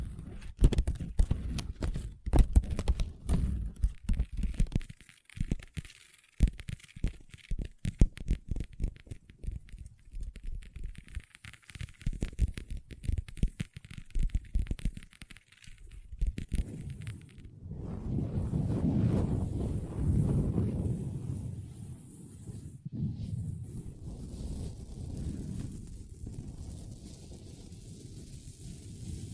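Long nails tap on a table in quick, uneven bursts of sharp clicks for the first half, with brief pauses between runs. After about seventeen seconds it turns to steady, low scratching and rubbing that swells and fades in slow waves.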